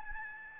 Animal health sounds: mosquito wingbeat signal from an infrared sensor; Aedes albopictus

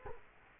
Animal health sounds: mosquito wingbeat signal from an infrared sensor; Culex quinquefasciatus

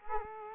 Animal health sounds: mosquito wingbeat signal from an infrared sensor; Culex quinquefasciatus

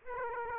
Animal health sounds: mosquito wingbeat signal from an infrared sensor; Aedes aegypti

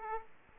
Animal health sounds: mosquito wingbeat signal from an infrared sensor; Aedes aegypti

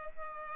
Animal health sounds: mosquito wingbeat signal from an infrared sensor; Culex pipiens

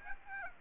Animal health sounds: mosquito wingbeat signal from an infrared sensor; Aedes aegypti

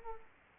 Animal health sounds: mosquito wingbeat signal from an infrared sensor; Culex pipiens

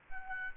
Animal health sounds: mosquito wingbeat signal from an infrared sensor; Aedes albopictus

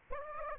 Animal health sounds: mosquito wingbeat signal from an infrared sensor; Aedes aegypti

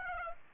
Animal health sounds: mosquito wingbeat signal from an infrared sensor; Aedes aegypti

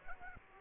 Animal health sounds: mosquito wingbeat signal from an infrared sensor; Aedes aegypti

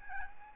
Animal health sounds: mosquito wingbeat signal from an infrared sensor; Aedes albopictus

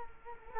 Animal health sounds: mosquito wingbeat signal from an infrared sensor; Culex quinquefasciatus

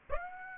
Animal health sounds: mosquito wingbeat signal from an infrared sensor; Aedes aegypti

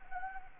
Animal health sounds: mosquito wingbeat signal from an infrared sensor; Anopheles gambiae

